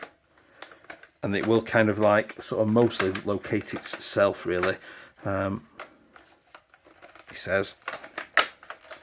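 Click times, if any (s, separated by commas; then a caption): 8.4 s. Someone talks while the removable upper (barrel and hop unit) of a Double Bell airsoft P90 is lined up on its locating pin and pressed down onto the plastic body, with scattered light handling taps. At 8.4 s a sharp, loud click sounds as the release button snaps back into place, leaving the upper seated, locked down and secure.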